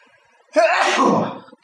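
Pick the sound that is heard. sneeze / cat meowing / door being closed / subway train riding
sneeze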